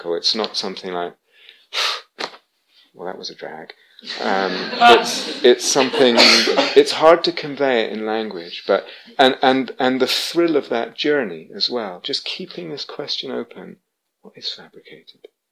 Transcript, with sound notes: It's not something like, "Well, that was a drag." [laughter] It's hard to convey it in language. And the thrill of that journey, as well, just keeping this question open, "What is fabricated?